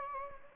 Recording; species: mosquito wingbeat signal from an infrared sensor; Anopheles gambiae